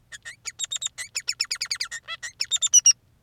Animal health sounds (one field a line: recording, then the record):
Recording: song of a male Bengalese finch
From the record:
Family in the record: son of father 3